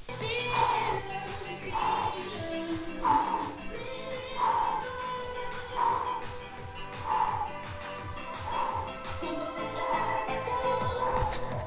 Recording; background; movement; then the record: deep breathing; music; walking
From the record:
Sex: male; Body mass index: 22.0 kg/m2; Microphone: on the chest, facing outward